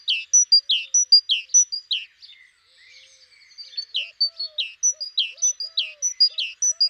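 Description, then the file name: Great tit song, a rapid seesawing high-low phrase repeated in two runs separated by a short pause; soft lower whistled notes of another bird join later. "Parus major"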